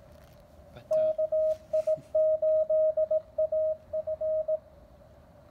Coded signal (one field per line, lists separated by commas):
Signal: Morse code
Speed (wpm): 19 wpm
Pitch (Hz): 630 Hz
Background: radio noise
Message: KI8AF